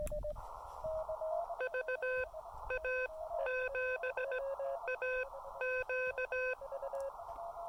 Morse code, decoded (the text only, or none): VA7AQ